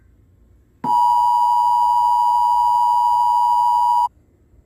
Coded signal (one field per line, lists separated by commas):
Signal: Emergency Alert System (SAME) tones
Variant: 853 and 960 Hz attention tone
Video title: Patrick in catrick emergency alert system something at the door